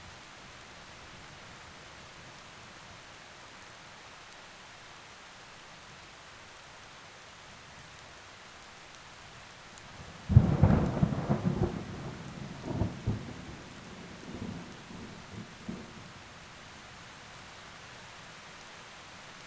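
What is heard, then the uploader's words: Steady, soft rain hisses quietly for the first ten seconds. Then a thunderclap breaks with a sharp crack and rolls on in deep, uneven rumbles that fade in bursts until about sixteen seconds, leaving the gentle rain alone again. Thunder & Rain Sounds.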